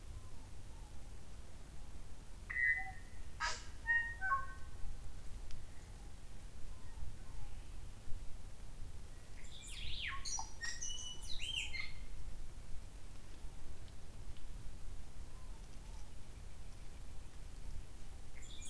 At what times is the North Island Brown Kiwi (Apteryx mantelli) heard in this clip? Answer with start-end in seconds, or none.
none